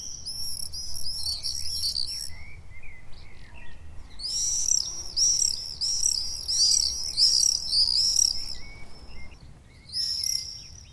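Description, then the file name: Common swift screaming calls, runs of shrill high trills from several birds, broken by pauses. Calls recorded on 6 June 2014. "Mauerseglerrufe MS 06-06-2014"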